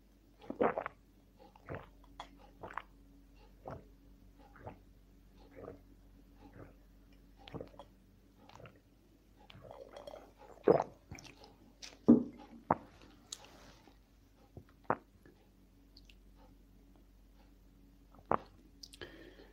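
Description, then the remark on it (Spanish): Someone sips a soft drink, making a steady series of short, wet mouth clicks and gulps about once a second over a low constant hum, with no talking. “Me van a permitir otro traguito de refresco.”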